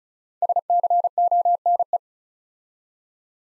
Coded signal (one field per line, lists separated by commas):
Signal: Morse code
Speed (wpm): 35 wpm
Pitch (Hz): 700 Hz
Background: none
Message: SCONE